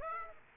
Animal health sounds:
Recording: mosquito wingbeat signal from an infrared sensor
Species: Aedes aegypti

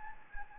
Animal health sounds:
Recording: mosquito wingbeat signal from an infrared sensor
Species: Anopheles gambiae

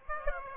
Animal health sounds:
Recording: mosquito wingbeat signal from an infrared sensor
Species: Aedes aegypti

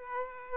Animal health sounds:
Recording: mosquito wingbeat signal from an infrared sensor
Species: Aedes aegypti

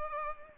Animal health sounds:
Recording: mosquito wingbeat signal from an infrared sensor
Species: Culex pipiens

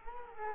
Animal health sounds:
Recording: mosquito wingbeat signal from an infrared sensor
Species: Culex quinquefasciatus

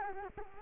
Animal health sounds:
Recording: mosquito wingbeat signal from an infrared sensor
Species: Culex quinquefasciatus

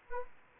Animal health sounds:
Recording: mosquito wingbeat signal from an infrared sensor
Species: Anopheles arabiensis

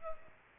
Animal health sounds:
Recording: mosquito wingbeat signal from an infrared sensor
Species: Aedes aegypti

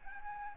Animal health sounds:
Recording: mosquito wingbeat signal from an infrared sensor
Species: Aedes albopictus

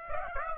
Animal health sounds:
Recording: mosquito wingbeat signal from an infrared sensor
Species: Aedes aegypti

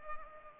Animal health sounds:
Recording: mosquito wingbeat signal from an infrared sensor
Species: Culex pipiens

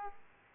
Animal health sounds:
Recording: mosquito wingbeat signal from an infrared sensor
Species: Aedes aegypti

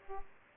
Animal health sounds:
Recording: mosquito wingbeat signal from an infrared sensor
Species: Aedes aegypti

